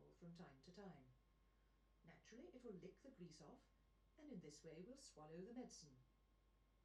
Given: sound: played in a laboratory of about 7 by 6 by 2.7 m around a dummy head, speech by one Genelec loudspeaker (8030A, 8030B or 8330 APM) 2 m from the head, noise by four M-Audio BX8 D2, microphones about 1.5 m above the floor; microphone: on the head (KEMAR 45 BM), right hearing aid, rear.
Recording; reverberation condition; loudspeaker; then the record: female speech in English; low; 30 degrees to the left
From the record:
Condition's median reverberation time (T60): about 310 ms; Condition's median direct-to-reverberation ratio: about 3.5 dB